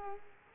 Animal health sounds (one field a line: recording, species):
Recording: mosquito wingbeat signal from an infrared sensor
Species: Culex quinquefasciatus